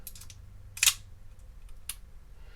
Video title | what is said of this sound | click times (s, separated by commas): Hi-Standard Model B-US Property of U.S. Military Training Target Pistol | now to lock the slide to the rear on this you pull the slide to the rear and you push down on this button | 0.8 s